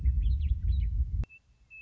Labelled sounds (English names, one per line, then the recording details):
Western Meadowlark
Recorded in Sonoma County, California